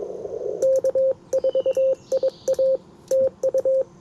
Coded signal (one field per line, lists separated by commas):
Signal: Morse code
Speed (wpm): 21 wpm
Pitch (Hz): 530 Hz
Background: radio noise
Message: K4IA TU